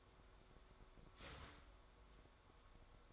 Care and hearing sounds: daily activity, microphone in the room; start toaster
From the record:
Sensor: 3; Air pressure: 1014.7 hPa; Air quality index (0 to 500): 202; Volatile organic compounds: 27 ppm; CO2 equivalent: 2885 ppm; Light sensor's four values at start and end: 4/10/4/4 and 4/10/4/4

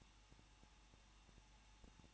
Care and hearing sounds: daily activity, microphone in the room; no activity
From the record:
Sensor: 1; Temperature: 20.1 degrees Celsius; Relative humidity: 39.2%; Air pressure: 1006.3 hPa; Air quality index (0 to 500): 218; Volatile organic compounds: 77 ppm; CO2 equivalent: 3585 ppm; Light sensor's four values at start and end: 1/2/1/1 and 1/2/1/1

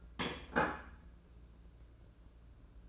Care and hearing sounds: daily activity, microphone in the room; place plate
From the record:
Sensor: 2

